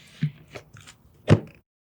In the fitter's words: and slide the tank in until it clicks.